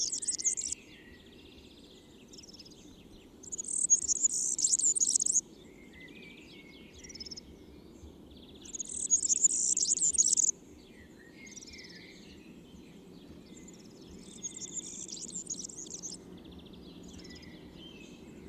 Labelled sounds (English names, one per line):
Marsh Warbler song